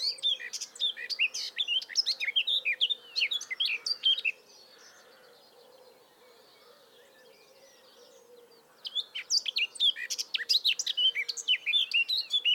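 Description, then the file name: Eurasian blackcap warbling in two hurried bursts of varied, twisting notes, separated by roughly four seconds of quiet with a soft low hum. "Sylvia atricapilla"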